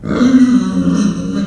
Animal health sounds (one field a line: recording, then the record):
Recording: squeal of a Yucatan mini pig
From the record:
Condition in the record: after surgery on the right vocal fold (resection and tissue-engineered implant)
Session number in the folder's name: 6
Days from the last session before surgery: 40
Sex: female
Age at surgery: 19 weeks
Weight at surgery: 25 kg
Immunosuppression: prednisolone